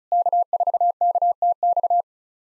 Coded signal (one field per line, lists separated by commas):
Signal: Morse code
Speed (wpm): 36 wpm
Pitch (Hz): 700 Hz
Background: none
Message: K4KTX